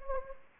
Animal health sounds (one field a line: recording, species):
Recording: mosquito wingbeat signal from an infrared sensor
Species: Anopheles gambiae